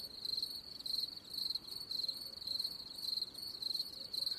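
Cricket giving rapid, high-pitched pulsed chirps, each burst about a third of a second, following one another almost without pause.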